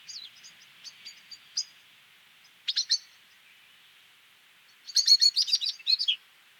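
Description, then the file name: Common blackbird giving soft high ticks, a short burst of chinks, then a loud rattling chatter of rapid notes toward the end. "Turdus merula"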